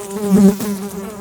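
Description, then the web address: Fly buzzing, a steady droning hum with a brief swell in loudness near the middle of the short burst. "best service Blue Box animals fly"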